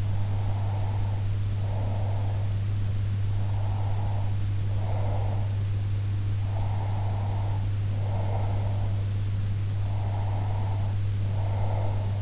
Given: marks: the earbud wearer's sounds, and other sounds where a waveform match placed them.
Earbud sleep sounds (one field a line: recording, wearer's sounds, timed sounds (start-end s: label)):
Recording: sounds in sleep by an in-ear microphone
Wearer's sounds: breath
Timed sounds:
0.00-2.57 s: breath
3.42-5.68 s: breath
6.51-9.03 s: breath
9.85-12.22 s: breath